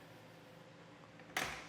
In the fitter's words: To do that, all I have to do is lift up on the rack until it clicks into place.